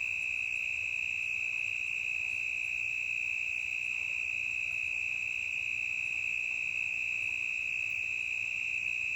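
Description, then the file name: Cricket chirping in a steady, shrill, unbroken trill, holding one high pitch throughout, with faint ticking sounds higher up. Intense cricket chirping in a forest, stereo recording. "Grilo intenso na mata"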